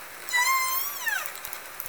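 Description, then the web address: Orca call: a bright harmonic tone holding level, then sweeping downward, lasting about a second. Southern Resident killer whales; call type 7 from a call catalog. "Orca Calls Alwin"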